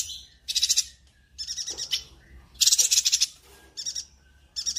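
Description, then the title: Streaked spiderhunter chattering in quick, high-pitched rattled bursts, alternating louder and softer phrases with short silences between. Long, clear, vigorous singing (gacor) meant as a song-tutor (masteran) for birds. "Pijantung Gunung Gacor Jernih Panjang"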